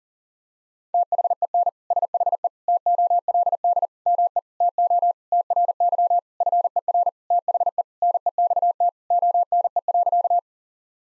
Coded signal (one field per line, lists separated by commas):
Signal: Morse code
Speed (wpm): 37 wpm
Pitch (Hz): 700 Hz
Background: none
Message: THEN SHE TOLD ME TO TRY FER THE NEXT ONE.